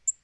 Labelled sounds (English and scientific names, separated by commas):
Black-throated Green Warbler (Setophaga virens) flight call